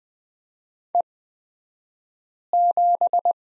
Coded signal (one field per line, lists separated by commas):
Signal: Morse code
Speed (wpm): 20 wpm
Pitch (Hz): 700 Hz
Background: none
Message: E7